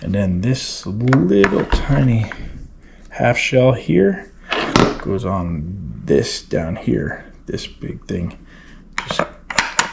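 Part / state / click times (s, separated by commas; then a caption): large gun part into the gun's frame/stock / seated / 9.6 s. While reassembling a hunting gun after cleaning, someone talks and then pushes a large part onto the gun's frame or stock. Several sharp clicks and taps sound near the end, and the part snaps into place at 9.6 s.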